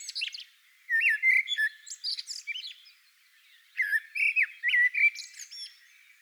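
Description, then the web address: Common blackbird delivering two flowing whistled phrases, low mellow notes rising into brief squeaky high flourishes, with a short pause between them. "Naturinspelningar Koltrast"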